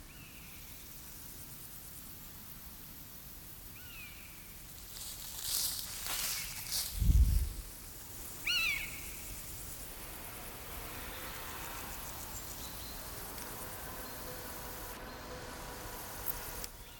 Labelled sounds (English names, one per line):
Common Buzzard
Meadow Grasshopper